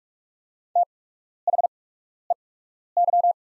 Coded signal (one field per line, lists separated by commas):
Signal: Morse code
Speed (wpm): 44 wpm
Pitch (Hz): 700 Hz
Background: none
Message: THEY